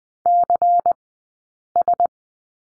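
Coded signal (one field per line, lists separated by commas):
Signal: Morse code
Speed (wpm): 20 wpm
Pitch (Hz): 700 Hz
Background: none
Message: CS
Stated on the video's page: Morse code course lesson on the letter M, two-character drill, Farnsworth speed of 20/10 wpm.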